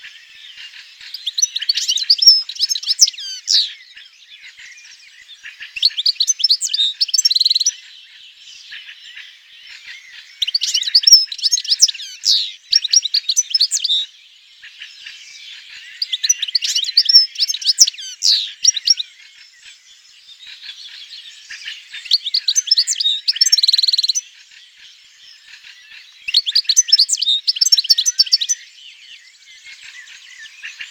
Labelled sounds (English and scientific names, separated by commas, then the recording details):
European Goldfinch (Carduelis carduelis) song
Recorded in the wild
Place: Oberrotweil am Kaiserstuhl, Baden-Württemberg, DE
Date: 1992-06-14
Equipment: Dat-Recorder Casio DA 7, Telinga DAT, Telinga-Parabolspiegel
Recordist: Schwarz, Dieter
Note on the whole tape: Song